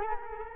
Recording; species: mosquito wingbeat signal from an infrared sensor; Culex quinquefasciatus